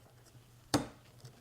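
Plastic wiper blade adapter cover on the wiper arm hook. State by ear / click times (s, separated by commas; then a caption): not seated / none. On a 1996-2002 Toyota 4Runner, the small plastic cover of a wiper blade adapter hooked onto the wiper arm is pressed to close, giving one sharp knock at about 0.7 s followed by faint ticks near 1.2 s. The cover has not snapped closed and nothing has seated yet, because the adapter was not pushed far enough into the hook.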